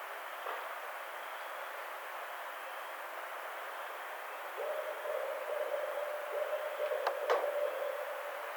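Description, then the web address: Barred owl hoots beginning midway and continuing to the end as a low sustained series, with a couple of brief clicks and constant background hiss. Recorded on 23 April 2009. "Barred Owl 2009 04 23"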